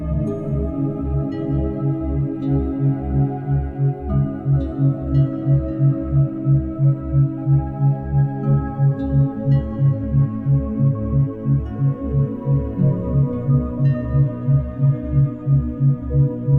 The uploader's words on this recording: Powerful Root Chakra with 528Hz Binaural Beats.